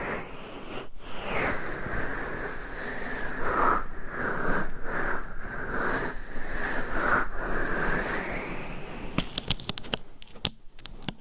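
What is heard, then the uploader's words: Steady, dense mic scratching fills most of the clip with brief gaps near one and four seconds, then quick sharp taps after nine seconds. ASMR Mic Scratching , Massage & Tapping in Your Ears. No Talking.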